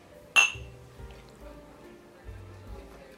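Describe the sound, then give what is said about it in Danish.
A single bright clink of whisky glasses in a toast rings out sharply, then fades quickly over a low background hum and faint murmuring. “Altså, det er jo det, vi laver, når vi ikke sidder her på chefredaktørens loge og drikker dyr whisky. Skål. Skål.”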